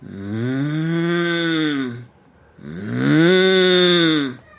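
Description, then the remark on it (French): A person imitates a cow with two long, low mooing calls, each about two seconds, separated by a short pause. The voice is rich and resonant and slightly rises and falls in pitch. “On imite la vache qui mugit.”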